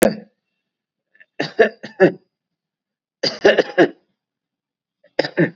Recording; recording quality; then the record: heavy voluntary cough; excellent, no background noise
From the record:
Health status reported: COVID-19 positive, mild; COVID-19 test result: positive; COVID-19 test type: RT-PCR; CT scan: not taken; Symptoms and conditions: cough, diabetes, another condition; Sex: male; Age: 55 years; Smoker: yes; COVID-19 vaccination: both doses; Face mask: worn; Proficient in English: yes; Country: India